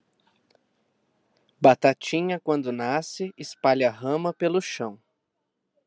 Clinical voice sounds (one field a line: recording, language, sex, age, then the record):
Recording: short text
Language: Brazilian Portuguese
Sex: male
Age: 20 to 29 years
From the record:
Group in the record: control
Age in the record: 26 years